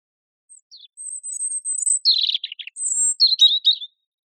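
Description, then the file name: European robin song: a thin high opening note, a long sustained whistle, then a tumbling warble and a final trilled flourish, with no other sounds. "Erithacus rubecula"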